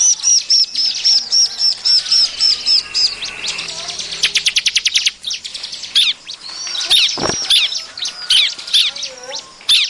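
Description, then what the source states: Bar-winged prinia repeating high whistled notes, then breaking into a fast ticking trill followed by scattered sharp chirps. Noisy calling, offered as an effective lure sound for attracting birds.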